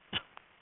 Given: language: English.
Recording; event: throat vibration sensor signal played as sound; cough